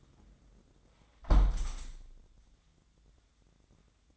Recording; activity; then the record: daily activity, microphone in the room; close window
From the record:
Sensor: 3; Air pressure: 1012.2 hPa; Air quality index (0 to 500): 130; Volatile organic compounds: 2 ppm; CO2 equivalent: 1012 ppm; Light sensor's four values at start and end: 169/407/166/153 and 174/418/170/156